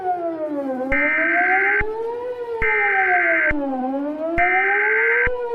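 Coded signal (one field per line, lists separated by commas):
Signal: Emergency Alert System (SAME) tones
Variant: header bursts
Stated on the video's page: Fictional EAS scenario.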